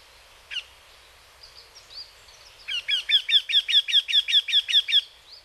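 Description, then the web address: Eurasian wryneck gives one isolated note and a few soft calls, then a loud, regular string of many plaintive notes. Recorded in Hyogo. "koe arisui 0610 hyogo kaji"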